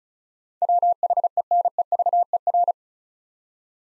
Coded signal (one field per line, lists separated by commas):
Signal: Morse code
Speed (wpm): 34 wpm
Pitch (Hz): 700 Hz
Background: none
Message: WHENEVER